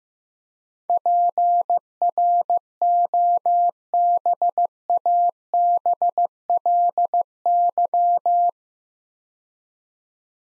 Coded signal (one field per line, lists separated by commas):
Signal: Morse code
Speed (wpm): 15 wpm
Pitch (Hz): 700 Hz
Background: none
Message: PROBABLY